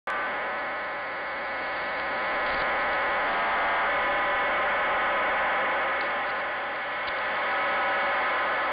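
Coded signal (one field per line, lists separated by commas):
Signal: numbers station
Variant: HM01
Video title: 07 01 2022 Cuban Spy Number HM01 in Spanish 0602 on 10345 Bejucal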